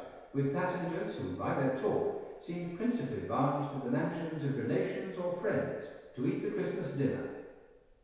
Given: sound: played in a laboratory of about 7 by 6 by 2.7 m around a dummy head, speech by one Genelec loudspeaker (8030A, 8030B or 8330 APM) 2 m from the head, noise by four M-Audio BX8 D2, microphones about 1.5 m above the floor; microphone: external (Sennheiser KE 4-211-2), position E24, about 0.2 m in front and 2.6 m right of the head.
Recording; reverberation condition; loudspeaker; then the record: male speech in English; high; in front (0 degrees)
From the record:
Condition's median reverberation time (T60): about 1300 ms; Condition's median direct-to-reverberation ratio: about -4.0 dB